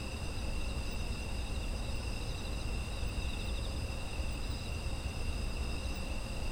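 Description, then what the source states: Insect chorus of sustained high trills, one voice pulsing rhythmically, carried over a persistent low rumbling background. Ambient sound of insects in autumn.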